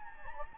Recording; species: mosquito wingbeat signal from an infrared sensor; Anopheles gambiae